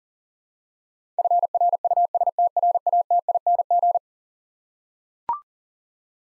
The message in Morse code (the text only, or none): FRUSTRATING